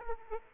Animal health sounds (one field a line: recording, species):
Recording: mosquito wingbeat signal from an infrared sensor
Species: Aedes aegypti